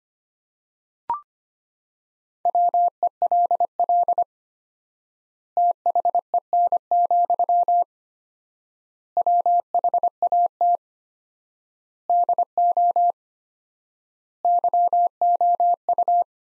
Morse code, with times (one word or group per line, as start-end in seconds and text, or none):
2.5-4.2 WELL
5.6-7.8 THEN,
9.2-10.8 WHAT
12.1-13.1 DO
14.4-16.2 YOU